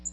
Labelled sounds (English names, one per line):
Blackpoll Warbler flight call